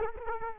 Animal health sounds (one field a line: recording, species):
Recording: mosquito wingbeat signal from an infrared sensor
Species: Culex quinquefasciatus